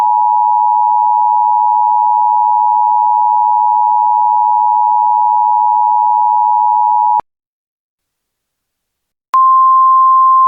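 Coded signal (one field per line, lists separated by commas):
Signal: Emergency Alert System (SAME) tones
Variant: 853 and 960 Hz attention tone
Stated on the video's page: Fictional EAS scenario.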